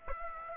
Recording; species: mosquito wingbeat signal from an infrared sensor; Aedes aegypti